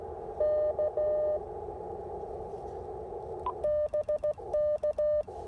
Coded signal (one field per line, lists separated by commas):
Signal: Morse code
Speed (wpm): 16 wpm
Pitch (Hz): 590 Hz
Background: none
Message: K BK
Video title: POTA Activation: NC Transportation Museum with the IC-705 and CHA MPAS Lite